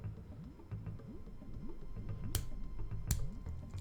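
A plastic LEGO brick sub-assembly is pressed onto the main model through a clicking joint, over a soft background of repeating rising tones. Two sharp, bright clicks sound at 2.4 s and 3.1 s as the joint seats. The sub-assembly is attached, though this click is judged less satisfying than the first one.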